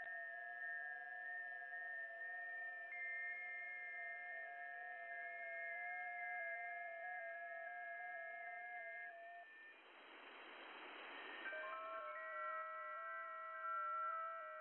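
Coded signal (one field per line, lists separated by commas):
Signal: FT8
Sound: several overlapping soft warbling tones stepping slowly, pausing briefly into hiss, then resuming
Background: radio static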